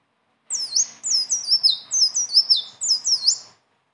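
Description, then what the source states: Leafbird giving a brisk series of high, swooping whistles, each note dipping sharply downward, for about three seconds. Song described as gacor (singing constantly) and ngeroll (rolling delivery) with isian (filler phrases); notes call it masteran, a tutor song.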